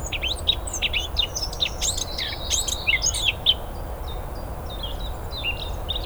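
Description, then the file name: Eurasian blackcap song, busy twittering and warbled notes with sharp high chips mixed in, fading to softer scattered notes toward the end. "Sylvia atricapilla"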